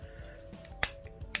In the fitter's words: until this clicks into place here